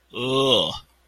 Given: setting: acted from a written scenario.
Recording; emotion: vocal sound without words; disgust